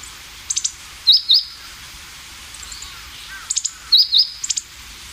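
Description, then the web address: Meadow bunting calls: clusters of quick high ticks alternating with loud upswept paired notes, repeated twice, over a constant hiss. "sikioto. houzirozinaki"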